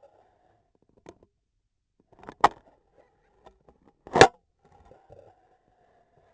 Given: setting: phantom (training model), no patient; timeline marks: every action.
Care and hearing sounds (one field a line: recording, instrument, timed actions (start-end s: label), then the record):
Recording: laparoscopic instrument, vibration sensor on the handle end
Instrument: scissors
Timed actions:
1.95-2.83 s: scissors opening
3.95-4.56 s: cutting foam
From the record:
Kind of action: gesture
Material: foam